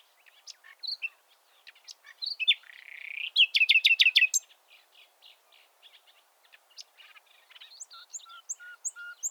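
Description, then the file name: Common nightingale song, varied chirps and a harsh buzzy phrase, then a rapid burst of loud repeated notes, and pure whistled notes repeated toward the end. "Luscinia megarhynchos"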